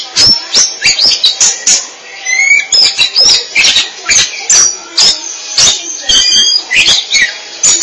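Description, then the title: Oriental magpie-robin song, loud and harsh-edged, with rapid varied whistles, chirps and rising notes broken by frequent short pauses. "Suara Kicauan Burung Kacer"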